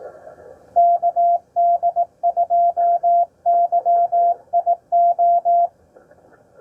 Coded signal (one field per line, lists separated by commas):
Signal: Morse code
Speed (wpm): 15 wpm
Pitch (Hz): 690 Hz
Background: none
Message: KD2YIO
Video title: A Redeeming CW POTA Activation at Mounds State Park!